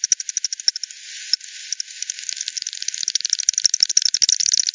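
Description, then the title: Bat calls as quick dry ticks, a brief quieter hissing stretch early on, then ticking resumes and grows denser toward the end. Multiple bats at Hogsmill River, Hogsmill Lane, 7 October 2020, 18:10 UTC; recorded via frequency division by ten, bandpass filtered, resampled. "WW bat 20201007 T 18 : 10 Z-Hogsmill-Lane-Hogsmill-River-multiple-bats"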